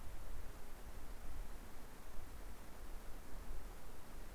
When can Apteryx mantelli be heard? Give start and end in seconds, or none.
none